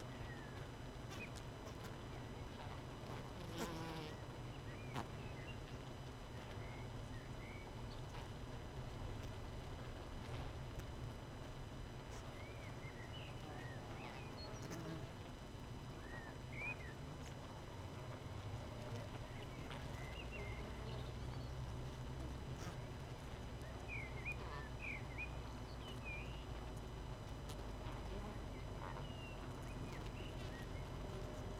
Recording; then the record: honeybee colony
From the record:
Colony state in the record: missing queen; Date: 31 May 2018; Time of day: 18:50